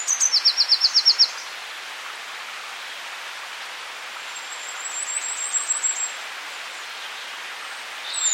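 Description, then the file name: Eurasian blue tit trilling: a quick series of bright repeated notes at the start, later a softer, very high twittering run, then a fragment at the end. "Cyanistes caeruleus"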